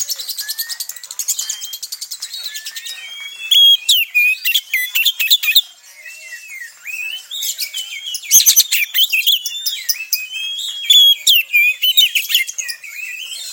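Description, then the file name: Oriental Magpie-Robin in continuous varied song, fast buzzy trills giving way to sweet slurred whistles and sharp staccato bursts, almost without pause. Song in the tretes style, played to restore the mental condition of other songbirds. "Suara Kacer Tretes Pulihkan Mental Burung Kicauan Lainnya"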